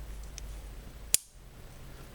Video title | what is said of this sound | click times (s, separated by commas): SOG Trident Elite | it locks in there you can hear just snaps right in there | 1.1 s